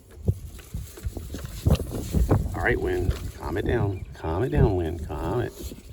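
A plastic face panel is being handled and pushed toward its place in a plastic action figure's head during transformation, with scattered small plastic knocks and taps while someone talks. The clip ends before the panel snaps home, so nothing has seated or clicked yet.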